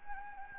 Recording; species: mosquito wingbeat signal from an infrared sensor; Anopheles gambiae